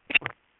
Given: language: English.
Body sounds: throat vibration sensor signal played as sound; swallow

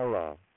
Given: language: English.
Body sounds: throat vibration sensor signal played as sound; speech

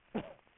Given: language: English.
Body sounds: throat vibration sensor signal played as sound; cough

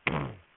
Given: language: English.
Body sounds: throat vibration sensor signal played as sound; throat clearing

